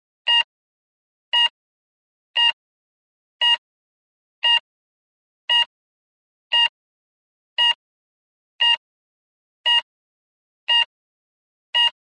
Daily life normal heartbeat pulse sound effect.